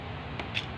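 A body section of a plastic Transformers Studio Series War for Cybertron Gamer Edition Voyager Class Optimus Prime action figure is bent into the torso joint during transformation. Two sharp snaps are heard at 0.4 and 0.6 seconds over a steady low background hum. The section snaps into position and is seated.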